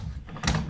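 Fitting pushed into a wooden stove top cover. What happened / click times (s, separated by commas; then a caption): The fitting did not click into the wooden cover / none. A fitting is pushed into a wooden stove top cover during its build, and a few faint knocks near 0.3 and 0.4 seconds lead to a louder, brief broadband knock around 0.5 seconds over low background noise. The fitting fails to seat, and nothing has clicked yet.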